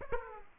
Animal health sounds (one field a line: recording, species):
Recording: mosquito wingbeat signal from an infrared sensor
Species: Aedes aegypti